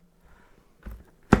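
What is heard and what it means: A plastic visor on an AGV K1, K1s, K3 or K5 motorcycle helmet has its top hooked into the side pivot mechanism, then its lower part is pressed firmly. Faint handling noise and a soft rustle near 0.9 s lead to a single sharp click at 1.3 s. The visor is seated in place.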